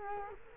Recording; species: mosquito wingbeat signal from an infrared sensor; Culex quinquefasciatus